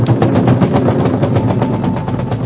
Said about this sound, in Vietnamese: Thôi thưa quý vị, chúng ta sẽ cùng dành một tràng pháo tay thật lớn để cung tiễn Hòa Thượng Thích Trí Tâm.